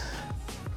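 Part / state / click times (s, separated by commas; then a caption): washing machine door latching into the door interlock / seated / 0.5 s, 0.7 s. A washing machine door is closed gently after its door interlock has been replaced, and the latch clicks shut into the interlock at 0.5 s and 0.7 s over a steady background of music. The door is latched.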